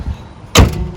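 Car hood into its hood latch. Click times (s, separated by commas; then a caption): 0.6 s. The hood of a 2013–2020 Nissan Pathfinder is lowered and shut into its hood latch, giving one loud, sharp impact at 0.6 s as the latch catches, over a low background rumble. The hood is then tugged to check that it is locked in place, and it is confirmed seated.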